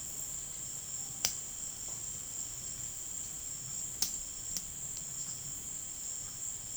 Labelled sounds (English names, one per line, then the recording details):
none
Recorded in secondary vegetation near Puerto Asís, Putumayo, Colombia, on 19 February 2024 at 17:30
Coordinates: 0.468, -76.324
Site G6381